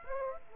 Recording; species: mosquito wingbeat signal from an infrared sensor; Aedes aegypti